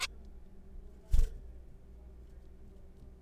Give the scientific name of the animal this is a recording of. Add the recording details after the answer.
Taeniopygia guttata. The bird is a juvenile. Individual R3428